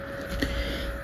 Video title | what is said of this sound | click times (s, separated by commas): DIY Leather Hanging Planter - Statement Decor for a Bold, Modern Dining Room | You hear it click like that. | 0.4 s